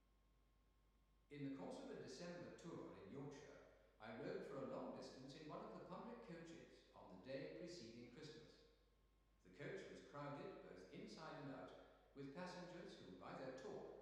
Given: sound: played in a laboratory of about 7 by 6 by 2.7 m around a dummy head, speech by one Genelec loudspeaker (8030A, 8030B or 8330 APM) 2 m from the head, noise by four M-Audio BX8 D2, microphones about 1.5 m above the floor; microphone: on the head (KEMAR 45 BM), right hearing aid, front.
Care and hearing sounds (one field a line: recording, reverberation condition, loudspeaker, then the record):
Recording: male speech in English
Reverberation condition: high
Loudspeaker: behind (180 degrees)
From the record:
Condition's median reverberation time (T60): about 1300 ms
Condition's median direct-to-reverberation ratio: about -4.0 dB